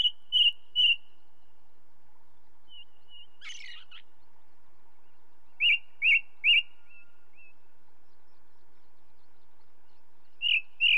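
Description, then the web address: Ring ouzel singing loud piping whistles in short runs of three, with a brief harsh chatter and faint wavy whistles between phrases. Recorded with the song of a second bird. "BBC Sound Effects Library. Ring Ouzel"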